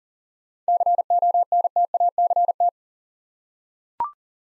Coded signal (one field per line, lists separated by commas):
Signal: Morse code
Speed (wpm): 39 wpm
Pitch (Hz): 700 Hz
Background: none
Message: CONTACT